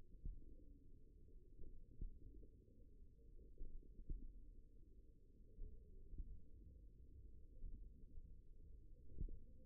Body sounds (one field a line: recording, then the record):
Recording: forearm muscle sounds (acoustic myography)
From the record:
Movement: finger pinch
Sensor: system 1, eight BSWA MPA416 microphones around the upper forearm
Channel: 4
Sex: male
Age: 54 years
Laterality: right